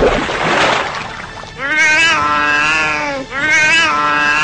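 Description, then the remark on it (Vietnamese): A brief burst of watery splashing and spraying as a soaking-wet cat named Linda jumps out of a bathtub and shakes water off its body, then the cat gives two long, drawn-out meows in quick succession, loud and wavering in pitch. “Sau tiếng kinh hoàng, Tư Dao thấy con mèo Linda ướt đầm từ bồn tắm ngoài xa nhảy xuống đất, lắc mạnh toàn thân, rủ cho nước bắn ra, kêu mèo mèo.”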